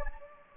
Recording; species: mosquito wingbeat signal from an infrared sensor; Anopheles gambiae